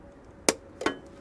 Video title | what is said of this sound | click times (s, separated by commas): Ariens 926LE Maintenance | there we go heard that snap | 0.5 s